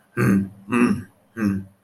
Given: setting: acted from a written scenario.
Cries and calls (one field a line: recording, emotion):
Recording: vocal sound without words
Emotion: anger